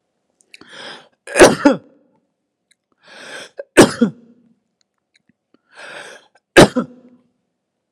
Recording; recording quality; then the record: heavy voluntary cough; excellent, no background noise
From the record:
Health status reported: healthy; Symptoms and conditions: none ticked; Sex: male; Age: 38 years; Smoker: not ticked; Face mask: not worn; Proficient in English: yes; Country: India